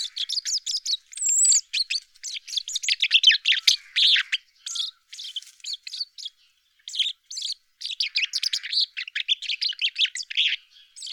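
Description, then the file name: Common chaffinch: rapid bursts of bright, high chirping notes in dense runs, with short pauses between. At Kroondomein on 6 March 2022 at 09:57 in the morning. "Vink Kroondomein 6 maart 2022 09 uur 57"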